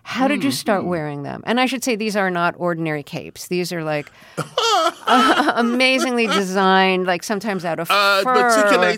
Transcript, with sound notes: How did you start wearing them? And I should say these are not ordinary capes. These are, like...
(Laughter).
...Amazingly designed, like, sometimes out of fur